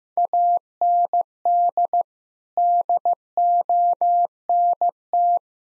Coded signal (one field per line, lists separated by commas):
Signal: Morse code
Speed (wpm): 15 wpm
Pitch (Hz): 700 Hz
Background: none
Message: AND DONT